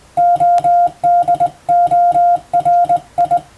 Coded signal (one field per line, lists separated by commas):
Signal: Morse code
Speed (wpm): 20 wpm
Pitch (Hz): 700 Hz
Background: music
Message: ODORI